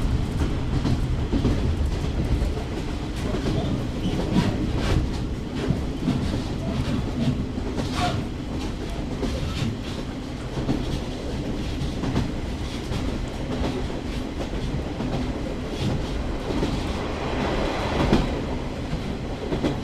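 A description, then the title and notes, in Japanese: A diesel railcar rumbles steadily along the line, its deep engine drone joined by irregular rail clatter and brief bright squeals near five and eighteen seconds. 指宿枕崎線 5321D（キハ140-2061）薩摩板敷-枕崎。列車は西大山を過ぎると西へ進路を変え終着駅の枕崎駅を目指して走ります。This is the JR Kyushu Ibusukimakurazaki Line, which runs at the southernmost tip of the JR Line.ZOOM H2。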